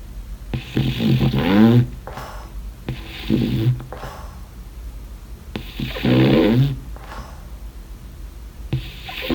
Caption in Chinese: 法鬥的打呼聲。